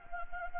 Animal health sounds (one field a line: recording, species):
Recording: mosquito wingbeat signal from an infrared sensor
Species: Anopheles gambiae